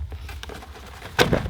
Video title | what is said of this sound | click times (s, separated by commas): Teton Sports XL Cot Review | it snaps into place | 1.2 s